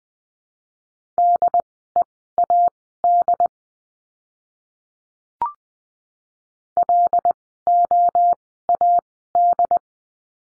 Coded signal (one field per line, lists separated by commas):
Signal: Morse code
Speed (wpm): 20 wpm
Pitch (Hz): 700 Hz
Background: none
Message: DEAD LOAD